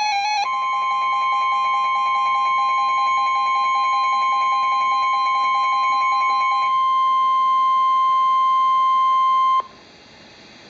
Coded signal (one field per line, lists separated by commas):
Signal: Emergency Alert System (SAME) tones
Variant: 1050 Hz attention tone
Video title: Severe Thunderstorm Warning (EAS #339)